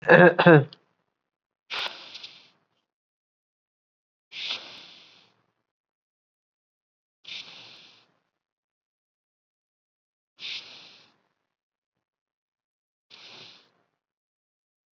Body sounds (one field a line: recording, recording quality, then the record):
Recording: deep breathing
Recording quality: excellent, no background noise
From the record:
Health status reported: COVID-19 positive, mild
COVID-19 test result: positive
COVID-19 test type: RT-PCR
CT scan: not taken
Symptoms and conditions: cough, sore throat, fatigue, muscle pain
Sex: male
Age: 23 years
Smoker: no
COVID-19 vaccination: both doses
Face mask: worn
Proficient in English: no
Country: India